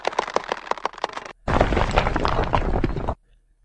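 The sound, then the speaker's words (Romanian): A run of sharp cracking impacts gives way to a loud, sustained rumbling crash of boulders pushed over the edge at the top of a quarry, tumbling down and shattering into pieces at the base, which cuts off abruptly into near silence. “Îi trăgeau cu o încetineală exasperantă, în sus pe pantă, până în vârful carierei, de unde îi împingeau peste muchie ca să se rostogolească și să se sfărâme în bucăți la bază.”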